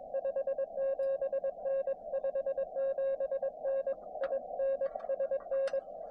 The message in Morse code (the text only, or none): 57N 57N IN SN